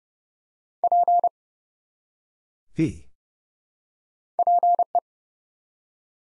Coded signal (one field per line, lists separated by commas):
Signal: Morse code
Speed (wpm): 32 wpm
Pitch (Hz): 700 Hz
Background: none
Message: P PE